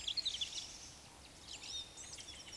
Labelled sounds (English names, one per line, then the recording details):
Eurasian Woodcock whistle
Eurasian Woodcock croak
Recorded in Baden-Württemberg, Germany, on 11 June 2021 at 19:45 UTC
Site 24608, 624 m above sea level